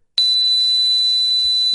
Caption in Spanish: Hay una cosa que es el acúfeno o el tinnitus, ¿no? De gente que oye un ruido. Un zumbido en el oído se llama tinnitus.